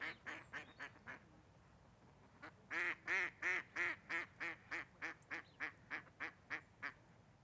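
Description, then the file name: Duck quacking, a few soft quacks, a short pause, then a steady run of loud nasal quacks that gradually weaken. Ducks recorded at Andernos in 2014. "Canards andernos 2014"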